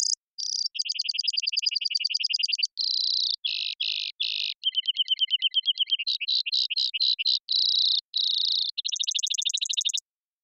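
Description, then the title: Brewer's sparrow song: a long series of varied trills and buzzes separated by brief gaps, jumping between higher and lower pitches, some fast and rattling, others slower and pulsed. Several males singing or counter-singing; sagebrush steppe, North America; mirthful, playful, bubbling voices, song tumbling out as they teeter on swaying tips of sage stalks. "Brewer's Sparrow Performance"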